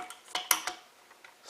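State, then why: Seated. After a finger presses the release tab, a plastic dual-flush valve canister is slid down onto its base in a toilet tank. Light plastic knocks sound as it moves, with the sharpest, loudest click at 0.5 s and a faint tap near 1.2 s. The canister is locked into place on its base.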